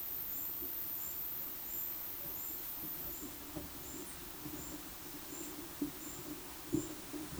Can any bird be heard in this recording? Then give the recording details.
no. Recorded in dense forest near Puerto Asís, Putumayo, Colombia, on 21 February 2024 at 14:00. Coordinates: 0.502, -76.326. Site G6460